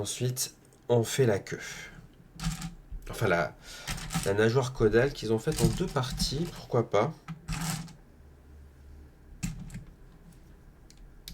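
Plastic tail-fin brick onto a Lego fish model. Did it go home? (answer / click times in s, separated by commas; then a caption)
no / none. Someone talks while handling a two-part plastic tail fin piece for a Lego fish model, with light rustling and faint plastic taps near the end. The fin has not seated or clicked into place yet.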